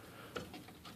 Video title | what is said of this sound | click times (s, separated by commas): How To install RAM Memory Into Your PC | if I can get it there you go snaps in | 0.4 s